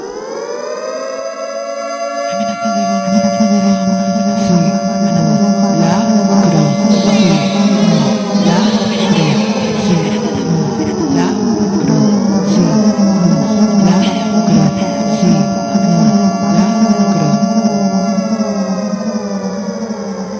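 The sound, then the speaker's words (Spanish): An emergency drill alarm for the monthly drill on the last Friday of the month: a loud siren winds up in pitch, holds a steady wailing tone over a pulsing low drone, dips briefly and climbs back midway, then keeps sounding with no voices. “Y sí, es último viernes del mes y lo estabais esperando. Toca simulacro.”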